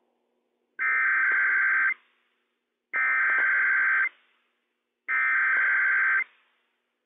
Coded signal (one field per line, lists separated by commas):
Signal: Emergency Alert System (SAME) tones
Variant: header bursts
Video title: FCEM Required Weekly Test - WWF56 - EAS #103 - 8:51 AM PDT 5/20/21